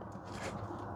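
The electrical wiring connector for a Saturn Sky trunk release button is handled as it is pushed toward the button socket. A steady low hum runs under soft rustling handling noise, with no sharp transients. The connector has not seated or clicked yet.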